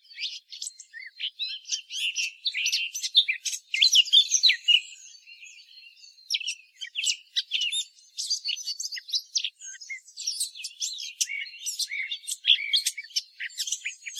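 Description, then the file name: Eurasian blackcap song: a busy, jumbled run of high chirps, clicks and twittering phrases, dipping briefly quieter near five seconds before resuming. "Sylvia atricapilla"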